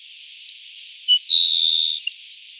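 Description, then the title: Grassland sparrow gives two clipped high notes, then a sustained flat buzzy trill, finished by a short sharp note; quiet background hiss. "LuckyPassaro Completos2Sama. Grassland Sparrow (Ammodramus humeralis)"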